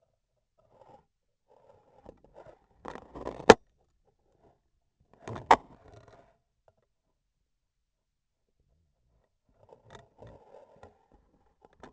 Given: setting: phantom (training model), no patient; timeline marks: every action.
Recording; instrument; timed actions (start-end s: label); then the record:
laparoscopic instrument, vibration sensor on the handle end; scissors
2.80-3.64 s: cutting foam
4.98-6.45 s: scissors opening
From the record:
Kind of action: gesture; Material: foam